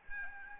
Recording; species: mosquito wingbeat signal from an infrared sensor; Aedes albopictus